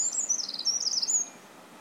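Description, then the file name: Eurasian wren song fragment, a quick high twittering trill lasting just over a second, then quiet hiss. "Troglodytes troglodytes"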